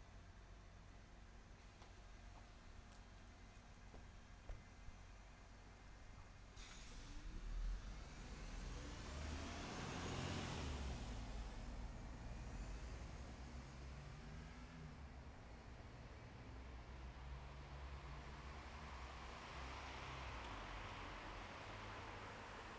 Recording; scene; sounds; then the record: everyday scene through a hearing-aid microphone; in traffic; traffic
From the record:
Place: bus stop on a city main road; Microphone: behind the ear, left, front